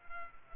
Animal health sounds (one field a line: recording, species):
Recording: mosquito wingbeat signal from an infrared sensor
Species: Culex pipiens